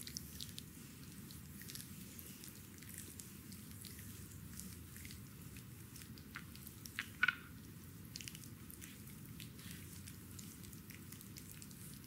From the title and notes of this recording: ASMR Massage with Stone Balls. Video include neck, back, foot stone balls massage.